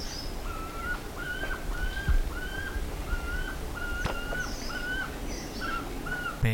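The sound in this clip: Bird calls: a quick series of whistled notes with higher chirps above, one sharp click midway, and a low constant rumble throughout.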